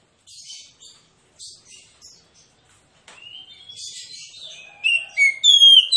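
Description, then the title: Oriental magpie-robin song: soft, scratchy chirps at first, then louder clear whistles and rising slurred notes towards the end. Kacer song, insistent with full 'tembakan' bursts, meant to trigger an immediate fighting response and as therapy for kacer reluctant to sing. "Kacer Langsung Tarung Konslet KACER NGOTOT FULL TEMBAKAN. Kicau Kacer santaiterapi Kacer males bunyi"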